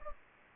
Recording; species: mosquito wingbeat signal from an infrared sensor; Anopheles gambiae